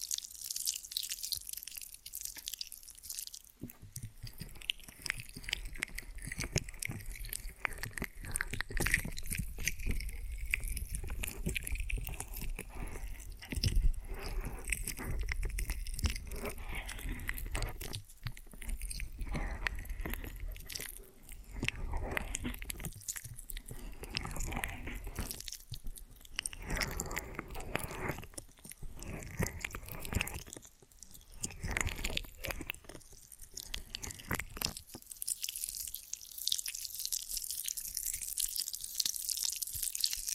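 Ear and scalp massage with dense, crackly rubbing and scratching. Soft thumps and brushing come in uneven bursts and are calmer near the start and end.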